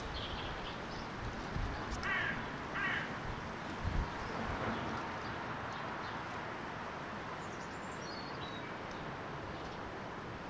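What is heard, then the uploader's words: Birds call in a garden on Gower over a steady, dense hiss of background noise. Two short, rough calls come around two and three seconds, with a thump near four seconds, then a thin descending chirp sequence near eight seconds. The first birdsong of the year in a garden on Gower. You're in a large wildlife-rich garden on Gower, a small and beautiful peninsular in South Wales. At this time of year, the beech hedges are orange, the leaves are curled, crisp and dry. Recorded and presented by Hannah Tribe.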